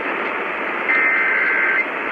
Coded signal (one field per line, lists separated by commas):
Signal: Emergency Alert System (SAME) tones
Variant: header bursts